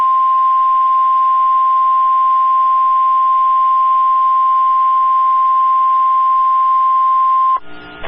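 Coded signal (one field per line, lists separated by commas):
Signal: Emergency Alert System (SAME) tones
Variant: 1050 Hz attention tone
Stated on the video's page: Valid, real severe thunderstorm warning alert tones for Arkansas and Louisiana.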